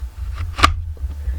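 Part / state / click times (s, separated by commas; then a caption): handgun into holster shell / seated / 0.6 s. A handgun is pushed into a concealed-carry holster shell, and the holster's retention engages with a sharp snap at 0.6 seconds. A softer rustle comes just before it, over a steady low hum. The pistol is seated and held by the retention.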